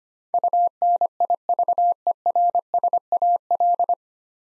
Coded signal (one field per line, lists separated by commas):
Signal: Morse code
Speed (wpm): 25 wpm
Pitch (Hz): 700 Hz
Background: none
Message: UNIVERSAL